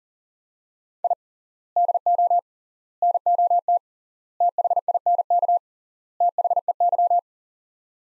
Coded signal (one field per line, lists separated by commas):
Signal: Morse code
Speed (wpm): 37 wpm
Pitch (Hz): 700 Hz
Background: none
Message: I DO NOT THINK THEY